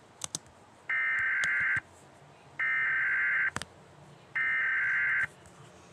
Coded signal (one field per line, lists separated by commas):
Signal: Emergency Alert System (SAME) tones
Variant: header bursts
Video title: EAS Scenario: magpie's attack.